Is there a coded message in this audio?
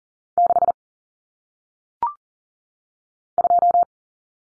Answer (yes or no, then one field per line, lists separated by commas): yes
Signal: Morse code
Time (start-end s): 0.4-3.8 s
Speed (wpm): 40 wpm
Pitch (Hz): 700 Hz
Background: none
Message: 6 2